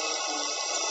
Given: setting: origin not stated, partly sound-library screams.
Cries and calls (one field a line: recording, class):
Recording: one-second piece from a danger detection set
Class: woman in danger